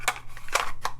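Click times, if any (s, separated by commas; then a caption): none. An Arex Delta Gen2 pistol with an optic is pushed into a plastic Bravo Concealment holster made for a Glock 19, producing short scraping, rattling bursts of plastic contact at about 0.1, 0.6 and 0.9 seconds. The pistol fits, but no retention click is heard, and nothing has seated or clicked yet.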